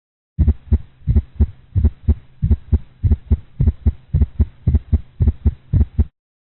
Clinical example of an atrial gallop sound in a dog.